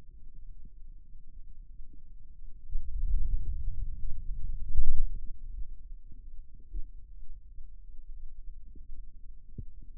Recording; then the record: forearm muscle sounds (acoustic myography)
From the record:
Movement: ulnar deviation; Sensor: system 2, bracelet of six BSWA MPA416 microphones around the upper forearm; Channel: 3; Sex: male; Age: 22 years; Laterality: right